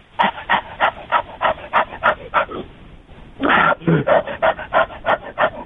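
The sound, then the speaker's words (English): A person performs heavy panting as a character voice, in rapid, rhythmic breathy huffs, almost dog-like. A steady run of quick puffs breaks for a short gasp, then resumes at the same brisk pace, loud and alone. “Oh, well, here, I'll do some panting.”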